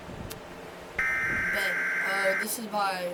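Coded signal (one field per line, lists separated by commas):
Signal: Emergency Alert System (SAME) tones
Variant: header bursts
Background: speech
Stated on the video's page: Fictional EAS scenario, simulated alert.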